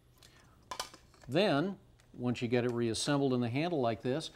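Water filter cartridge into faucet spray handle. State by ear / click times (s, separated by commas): seated / 0.7 s, 0.8 s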